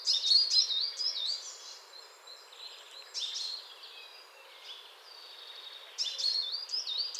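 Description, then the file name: Coal tit: high, wavy whistled notes in short bursts at the start, middle and end, with softer chips and faint background hiss in between. Chattering coal tit. "MESANGE NOIRE BAVARDE"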